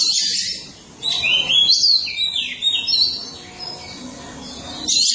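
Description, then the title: Oriental magpie-robin song, loud rapid warbling and scratchy notes in bursts, separated by short pauses. Chirping song (kicauan) of the bird. "Suara Kicauan Burung Kacer Durasi Panjang"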